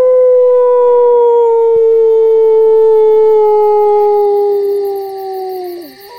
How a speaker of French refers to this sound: Ça ressemble à quoi, un loup qui hurle? Eh bien, ça ressemble à ça, là.